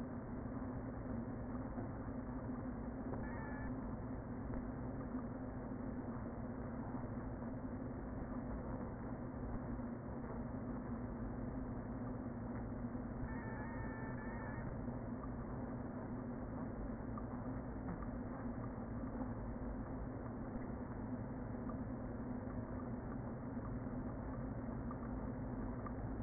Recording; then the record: honeybee colony, microphone inside the hive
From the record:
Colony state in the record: queen present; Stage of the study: before two queens were removed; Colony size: about 60,000 bees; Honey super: yes